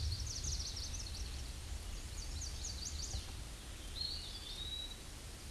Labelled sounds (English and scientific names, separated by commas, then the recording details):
Eastern Wood-Pewee (Contopus virens) song
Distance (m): 25 m
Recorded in a Pennsylvania forest on 18 May 2023 at 06:51
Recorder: AudioMoth, point grid1_9_low
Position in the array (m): 76 m, 123 m